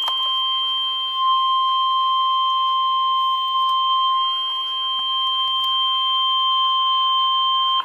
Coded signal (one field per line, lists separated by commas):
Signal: Emergency Alert System (SAME) tones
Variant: 1050 Hz attention tone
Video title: EAS #865: Blizzard Warning (1/26/2014)